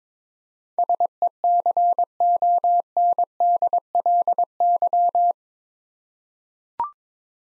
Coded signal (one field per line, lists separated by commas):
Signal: Morse code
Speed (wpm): 22 wpm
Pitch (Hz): 700 Hz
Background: none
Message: SECONDLY